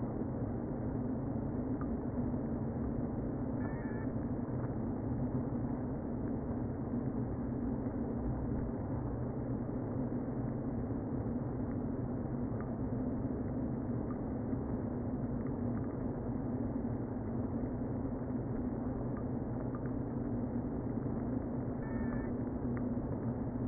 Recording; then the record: honeybee colony, microphone inside the hive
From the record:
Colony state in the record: queen present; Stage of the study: before two queens were removed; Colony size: about 60,000 bees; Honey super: yes